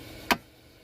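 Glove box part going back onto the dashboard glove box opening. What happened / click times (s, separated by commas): The plastic trim part snapped into place / 0.3 s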